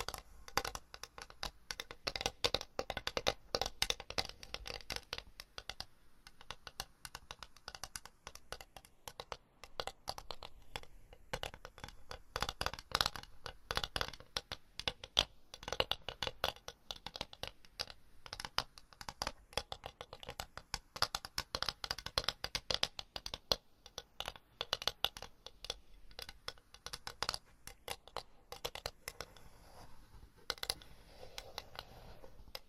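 Tapping and scratching go on without a break for the whole half minute, a dense run of sharp, bright clicks and rasping scrapes. The strokes come fast and slightly irregular, with busier, louder stretches around the middle and a thinner patch near the end.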